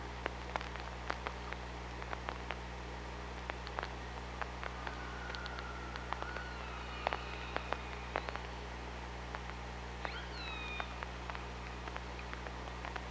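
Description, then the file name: Killer whale calls: drawn-out tonal cries with stacked harmonics near the middle, then a sharp rising-and-falling whistle-like call, amid constant underwater clicks and a low steady hum. OrcaLab hydrophone, 24 August 2017, 06:18. "Orca Lab UTLN JASON 20170824 061826"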